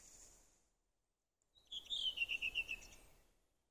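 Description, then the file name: Redwing song: the tail of a high scratchy twitter, a pause, then a fast series of several clear whistled notes sliding downward in pitch. "punakylkirastas"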